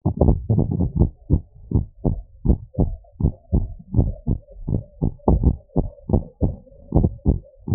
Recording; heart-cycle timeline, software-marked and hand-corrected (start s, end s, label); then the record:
heart sounds
0.00	0.20	diastole
0.20	0.36	S1
0.36	0.52	systole
0.52	0.66	S2
0.66	0.98	diastole
0.98	1.10	S1
1.10	1.32	systole
1.32	1.42	S2
1.42	1.74	diastole
1.74	1.86	S1
1.86	2.06	systole
2.06	2.16	S2
2.16	2.46	diastole
2.46	2.58	S1
2.58	2.80	systole
2.80	2.90	S2
2.90	3.24	diastole
3.24	3.34	S1
3.34	3.54	systole
3.54	3.66	S2
3.66	3.98	diastole
3.98	4.12	S1
4.12	4.30	systole
4.30	4.38	S2
4.38	4.70	diastole
4.70	4.82	S1
4.82	5.02	systole
5.02	5.12	S2
5.12	5.44	diastole
5.44	5.56	S1
5.56	5.78	systole
5.78	5.86	S2
5.86	6.14	diastole
6.14	6.24	S1
6.24	6.44	systole
6.44	6.56	S2
6.56	6.96	diastole
6.96	7.10	S1
7.10	7.28	systole
7.28	7.38	S2
7.38	7.72	diastole
7.72	7.74	S1
From the record:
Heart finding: normal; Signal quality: good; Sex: male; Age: 79 years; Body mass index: 24.3